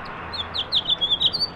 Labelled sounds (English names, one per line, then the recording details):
House Finch song
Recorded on Long Island, New York, on 18 April 2012
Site GC
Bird A